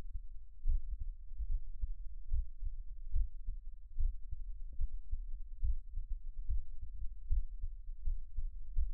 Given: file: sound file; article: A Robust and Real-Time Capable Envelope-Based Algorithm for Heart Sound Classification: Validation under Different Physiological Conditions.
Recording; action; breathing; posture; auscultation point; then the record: heart sounds by electronic stethoscope; rest; normal; sitting; Erb’s point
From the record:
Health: healthy, no known heart disease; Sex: male